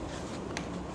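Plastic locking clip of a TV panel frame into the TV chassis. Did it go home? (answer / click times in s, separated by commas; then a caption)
yes / 0.6 s. A plastic locking clip on the frame of a Sony 40-inch edge-LED TV is pressed into the TV chassis after the LED strips are changed. A short, sharp click sounds at 0.6 s over a steady low background. The frame lock clicks in and seats correctly.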